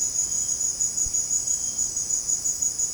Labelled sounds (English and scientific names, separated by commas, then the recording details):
none
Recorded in secondary vegetation near Puerto Asís, Putumayo, Colombia, on 8 March 2025 at 17:30
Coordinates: 0.485, -76.322
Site G040